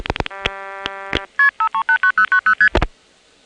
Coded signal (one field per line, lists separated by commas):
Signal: multi-frequency trunk signalling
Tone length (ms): 90 ms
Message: 539090ST